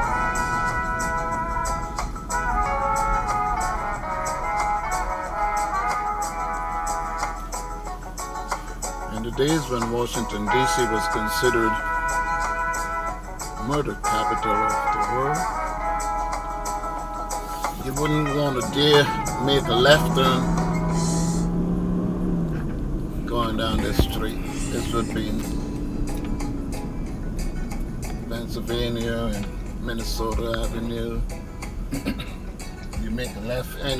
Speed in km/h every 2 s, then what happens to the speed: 21, 15, 6, 0, 0, 0, 0, 0, 0, 2, 16, 24, 27, 26, 19, 15, 11.
0-6 brakes to 0. 6-18 standing. 18-24 pulls away to 27. 24-34 slows to 11.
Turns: none.